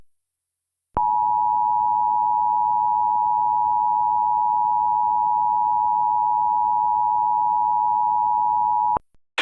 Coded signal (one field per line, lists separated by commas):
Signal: Emergency Alert System (SAME) tones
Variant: 853 and 960 Hz attention tone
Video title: [EAS MOCK] EWW?? (that's rare)